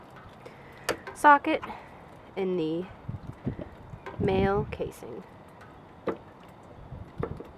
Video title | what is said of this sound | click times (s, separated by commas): EASY MC4 Connector Solar Install DIY - Tiny Van BUILD | Can hear it click when they go inside. Awesome. | 7.2 s